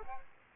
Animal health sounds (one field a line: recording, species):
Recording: mosquito wingbeat signal from an infrared sensor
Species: Aedes aegypti